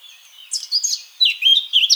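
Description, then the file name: Eurasian blackcap: short warbled snatch of song, a few quick, high, varied notes building to a louder, bright finish. "Sylvia atricapilla"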